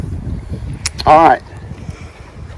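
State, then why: Seated. A cord-lock adjuster on the bungee strap of a dog training harness is pulled down to tighten it and locks in place. A sharp click sounds at 0.9 s over low rumbling background noise, followed by someone talking.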